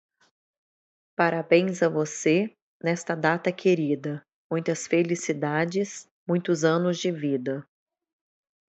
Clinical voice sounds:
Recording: short text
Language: Brazilian Portuguese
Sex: female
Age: 40 to 49 years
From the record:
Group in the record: control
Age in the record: 46 years

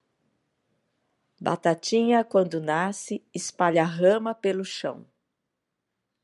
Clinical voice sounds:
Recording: short text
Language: Brazilian Portuguese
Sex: female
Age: 50 to 59 years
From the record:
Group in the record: control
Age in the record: 55 years

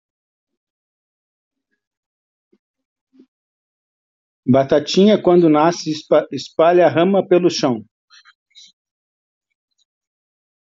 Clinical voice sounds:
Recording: short text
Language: Brazilian Portuguese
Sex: male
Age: 50 to 59 years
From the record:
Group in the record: control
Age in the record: 56 years

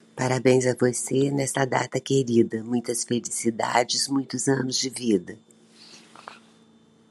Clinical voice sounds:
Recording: short text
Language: Brazilian Portuguese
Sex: female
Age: 60 to 69 years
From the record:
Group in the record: control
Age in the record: 62 years

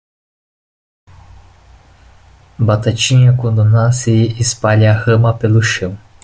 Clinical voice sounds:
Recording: short text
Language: Brazilian Portuguese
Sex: male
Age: 20 to 29 years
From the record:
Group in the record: control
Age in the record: 20 years

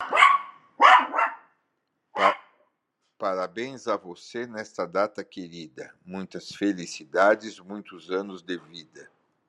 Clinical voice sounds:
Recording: short text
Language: Brazilian Portuguese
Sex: male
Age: 70 to 79 years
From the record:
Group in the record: control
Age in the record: 70 years

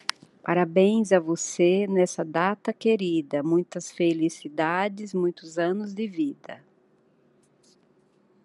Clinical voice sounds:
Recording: short text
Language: Brazilian Portuguese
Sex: female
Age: 50 to 59 years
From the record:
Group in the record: control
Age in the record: 53 years

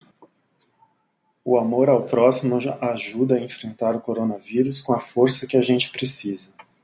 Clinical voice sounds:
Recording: spoken sentence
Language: Brazilian Portuguese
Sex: male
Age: 40 to 49 years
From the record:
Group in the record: control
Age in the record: 41 years

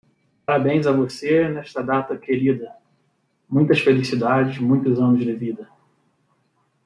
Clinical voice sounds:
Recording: short text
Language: Brazilian Portuguese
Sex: male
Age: 40 to 49 years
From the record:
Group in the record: control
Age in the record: 40 years

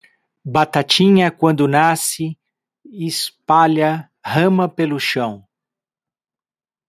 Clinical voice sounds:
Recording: short text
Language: Brazilian Portuguese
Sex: male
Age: 50 to 59 years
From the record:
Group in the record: control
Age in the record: 58 years

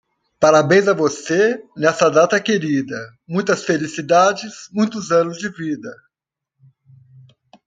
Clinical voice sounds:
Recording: short text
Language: Brazilian Portuguese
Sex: male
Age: 60 to 69 years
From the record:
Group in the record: control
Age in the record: 63 years

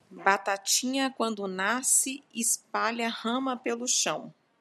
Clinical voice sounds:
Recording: short text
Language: Brazilian Portuguese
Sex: female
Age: 30 to 39 years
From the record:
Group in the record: control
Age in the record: 36 years

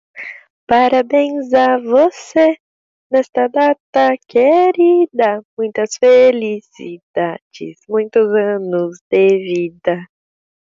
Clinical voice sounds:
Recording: short text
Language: Brazilian Portuguese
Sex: female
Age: 18 to 19 years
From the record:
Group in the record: control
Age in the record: 18 years

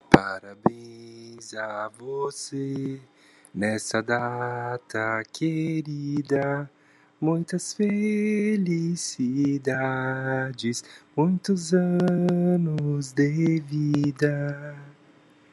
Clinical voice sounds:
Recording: short text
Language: Brazilian Portuguese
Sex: male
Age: 30 to 39 years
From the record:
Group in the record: control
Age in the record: 32 years

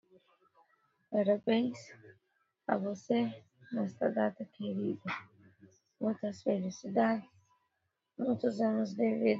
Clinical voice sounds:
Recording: short text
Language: Brazilian Portuguese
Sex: female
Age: 20 to 29 years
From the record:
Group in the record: control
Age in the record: 27 years

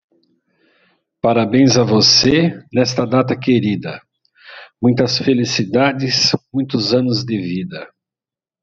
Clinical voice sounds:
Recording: short text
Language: Brazilian Portuguese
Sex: male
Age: 50 to 59 years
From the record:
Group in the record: control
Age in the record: 57 years

